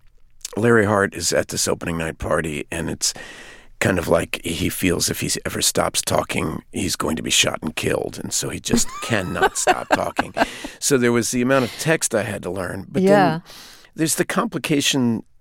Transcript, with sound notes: Larry Hart is at this opening night party, and it's kind of like he feels if he ever stops talking, he's going to be shot and killed. And so he just cannot stop talking.
(Laughter).
So there was the amount of text I had to learn, but then...
Yeah.
...There's the complication.